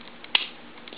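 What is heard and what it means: A blade or small removable insert held by a tab on a Victorinox Cyber Tool 34 pocket multi-tool snaps into position in its metal and plastic handle. A single sharp, bright click at 0.4 seconds stands out above faint light ticks. The part seats firmly in place.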